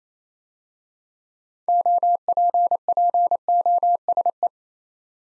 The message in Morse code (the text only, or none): OPPOSE